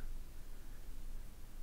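A watch mainspring barrel from an ETA 7750 movement is set into a barrel-closing tool and centred, with the cover yet to be fitted and pressed. Only faint, steady low-level handling noise is heard, with no distinct hits. Nothing has seated or snapped shut yet.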